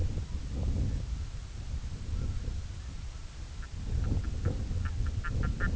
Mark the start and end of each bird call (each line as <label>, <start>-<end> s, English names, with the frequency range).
Red-throated Loon (0.1-4.1 kHz), 0.17-5.75 s